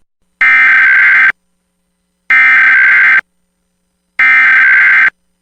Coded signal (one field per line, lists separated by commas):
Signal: Emergency Alert System (SAME) tones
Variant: header bursts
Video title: EAS Mock: National EAS Test 2023 With Texscan-MSI Card